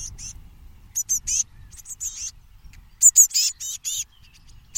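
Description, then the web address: Bird giving high chirps in quick clusters over a soft low rumble, with louder bursts near the end. "birddata Bird Only"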